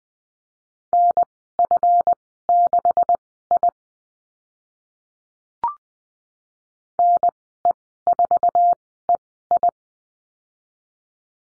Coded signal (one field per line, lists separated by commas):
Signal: Morse code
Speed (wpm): 20 wpm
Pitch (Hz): 700 Hz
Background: none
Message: NF6I NE4EI